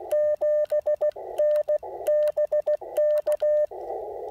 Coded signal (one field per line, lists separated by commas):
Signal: Morse code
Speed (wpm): 16 wpm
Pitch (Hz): 600 Hz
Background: radio noise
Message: 7 N BK